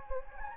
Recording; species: mosquito wingbeat signal from an infrared sensor; Anopheles gambiae